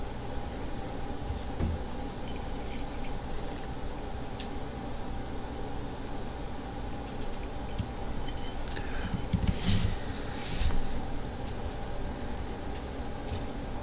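A fridge hums steadily throughout, with a low droning rumble and a faint constant tone above it. Light clicks and taps break in now and then, near 2 and 4 seconds, then a busier cluster of small knocks around 9 to 11 seconds.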